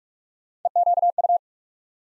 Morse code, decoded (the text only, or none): EQU